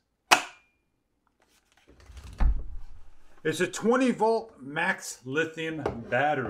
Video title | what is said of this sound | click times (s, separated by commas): Cordless Leaf Blower Battery Powered - Electric Small Blower with 2 Batteries | and lock it into place | 0.3 s